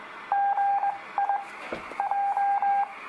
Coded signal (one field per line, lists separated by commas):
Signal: Morse code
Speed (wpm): 20 wpm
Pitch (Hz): 800 Hz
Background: radio noise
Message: GI J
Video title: Practice Morse Code With Letters F G H I J for Beginners